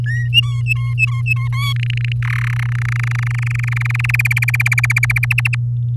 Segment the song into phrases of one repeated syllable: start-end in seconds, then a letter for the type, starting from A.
0.06-0.28 A, 0.33-1.48 B, 1.53-1.73 C, 1.76-2.12 D, 2.22-2.54 E, 2.56-4.11 F, 4.14-5.25 G, 5.30-5.55 H